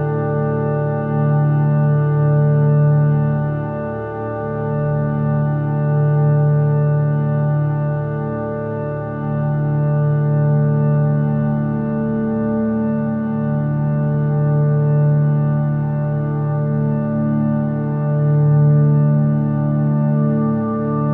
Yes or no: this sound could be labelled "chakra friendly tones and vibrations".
yes